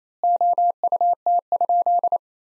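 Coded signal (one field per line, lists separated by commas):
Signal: Morse code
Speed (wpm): 28 wpm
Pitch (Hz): 700 Hz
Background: none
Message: OUT?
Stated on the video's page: Morse sentence practice at 28 wpm built from the top 100 words, sent with 3x standard word spacing, akin to Farnsworth.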